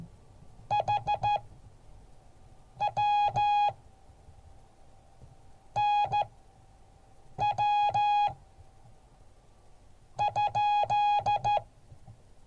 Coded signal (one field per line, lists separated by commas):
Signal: Morse code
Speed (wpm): 14 wpm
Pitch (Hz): 830 Hz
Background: none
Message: HW NW ?